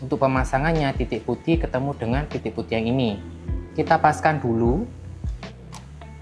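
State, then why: Seated. An interchangeable lens is lined up white dot to white dot on the mirrorless body mount of a Sony A6400 camera, then twisted until the bayonet lock clicks at 5.4 s, locking it properly. Someone talks over background music before the click.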